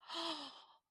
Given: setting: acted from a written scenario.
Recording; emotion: vocal sound without words; interest